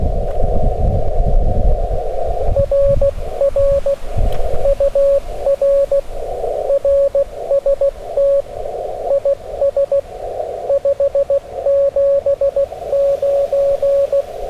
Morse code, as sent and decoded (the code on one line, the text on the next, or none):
.-. .-. / ..- .-. / .-. ... - / .. ... / ..... --... ----.
RR UR RST IS 579